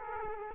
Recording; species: mosquito wingbeat signal from an infrared sensor; Culex quinquefasciatus